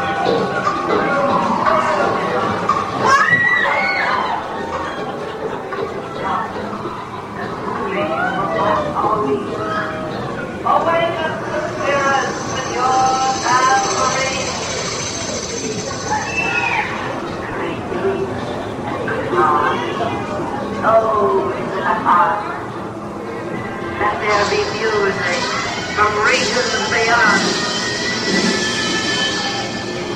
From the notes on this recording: a trip to Disneyland